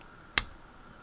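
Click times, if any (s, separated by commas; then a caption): 0.4 s. The clip-point blade of a Rough Ryder Denim Micarta Work Knife, a slip-joint pocket knife with micarta handles and a half stop, is opened and snaps into the open position under its backspring. A single sharp, bright snap is heard at 0.4 s with a short fading tail over quiet background, and the blade is fully open.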